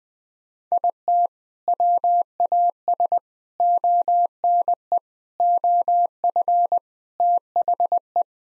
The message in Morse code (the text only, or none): IT WAS ONE OF THE